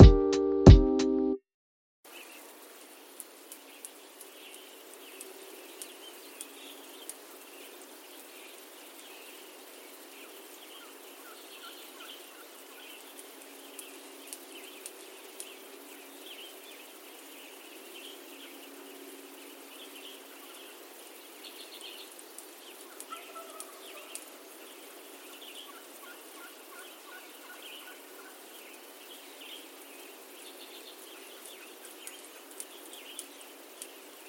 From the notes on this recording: A busy morning in the Rocky Mountains with birds, insects, elk, wild turkeys, and distant trains.